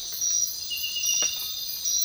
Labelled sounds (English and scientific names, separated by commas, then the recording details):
none
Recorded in dense forest near Puerto Asís, Putumayo, Colombia, on 13 March 2025 at 05:00
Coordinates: 0.500, -76.322
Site GP06